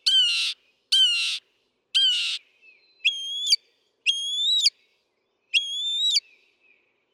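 Northern mockingbird song with three harsh raspy notes followed by three longer clear whistled notes with rich overtones, spaced about a second apart.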